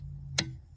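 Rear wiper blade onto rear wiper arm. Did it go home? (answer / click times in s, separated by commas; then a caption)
yes / 0.4 s. A new rear wiper blade is pushed onto the rear wiper arm of a 2015 Ford Escape until it snaps in. A single sharp click is heard at 0.4 s over a low background hum. The blade is seated on the arm.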